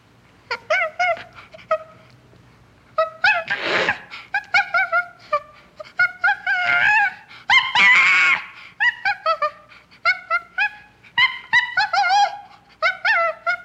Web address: chimpanzee